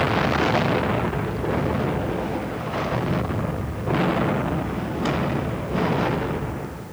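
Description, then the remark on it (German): Explosions in the leaking oil tanks of the tanker Urchiola during an oil spill off La Coruña rumble through a loud, continuous low roar, with several heavier booming bursts rising out of it every second or so. No one speaks. “In diesem Augenblick ereignet sich die erste einer Reihe von Explosionen in den leckgesprungenen Öltanks der Urchiola.”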